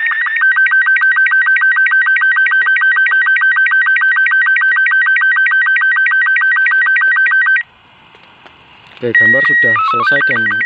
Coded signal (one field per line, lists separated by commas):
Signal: SSTV (slow-scan television)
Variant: Robot 36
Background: speech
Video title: Dokumentasi Percobaan Penelitian APRS & SSTV